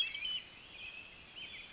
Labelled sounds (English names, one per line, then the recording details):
Pacific Wren
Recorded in Sonoma County, California